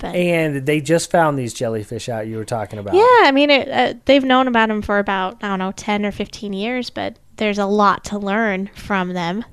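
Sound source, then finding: Conversational speech. Typical speech.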